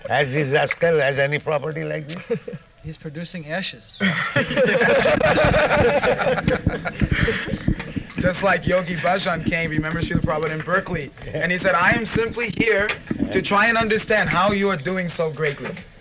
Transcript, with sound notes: Has this rascal has any property like this? [laughter]
He is producing ashes. [laughter]
Just like Yogi Bhajan came, remember Śrīla Prabhupāda, in Berkeley, and he said, "I am simply here to try and understand how you are doing so greatly,